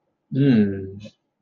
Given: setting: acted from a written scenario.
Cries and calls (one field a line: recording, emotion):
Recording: vocal sound without words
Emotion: contentment